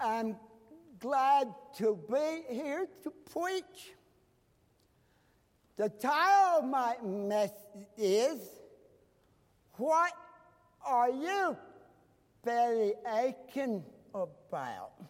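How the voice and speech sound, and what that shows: Slow, drawn-out speech with long pauses and swooping pitch: an adult man at a pulpit imitating the dysarthric speech of a preacher with cerebral palsy as he delivers the opening of a sermon.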